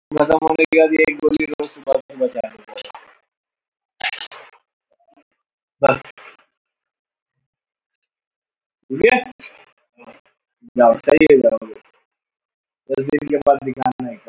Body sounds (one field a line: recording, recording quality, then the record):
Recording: sustained vowel as in made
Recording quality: poor, much background noise or distortion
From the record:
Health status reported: healthy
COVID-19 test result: not tested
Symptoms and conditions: none ticked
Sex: male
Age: 31 years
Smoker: not ticked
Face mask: worn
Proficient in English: yes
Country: India